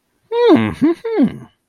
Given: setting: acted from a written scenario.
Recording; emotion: vocal sound without words; realization